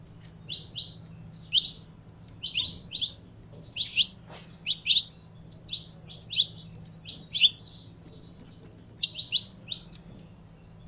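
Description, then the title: Belgian canary song: a long run of high chirps and rolling trills, with a low hum in the background. Pure Belgian canary. "Canto Do Canário Belga Puro"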